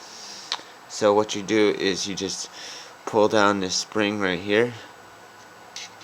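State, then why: Seated. The follower spring on the BB magazine of a Sig Sauer P365 .177 caliber airgun pistol is pulled down while someone talks. At 5.8 s a single short click is heard as the spring locks into place on a small catch inside the magazine, holding it in the locked-open position for loading.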